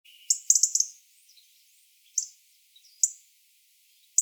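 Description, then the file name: European robin calls: a rapid run of four sharp high ticks, then single ticks at intervals, with a brief faint whistle before them. "Erithacus rubecula"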